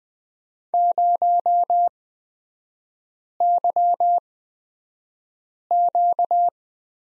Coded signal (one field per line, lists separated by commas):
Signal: Morse code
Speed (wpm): 20 wpm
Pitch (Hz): 700 Hz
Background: none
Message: 0YQ